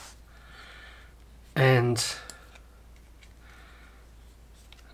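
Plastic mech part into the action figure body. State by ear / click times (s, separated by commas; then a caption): seated / 4.7 s. Someone talks while fitting a plastic mech part into the body of a plastic mech action figure, with faint handling sounds around the speech. A sharp click at 4.7 s marks the part locking into place, and it is confirmed seated.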